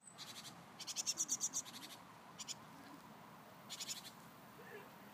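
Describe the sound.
Tit giving a rapid, rasping churr of many pulses, then two shorter buzzy bursts, against soft background noise.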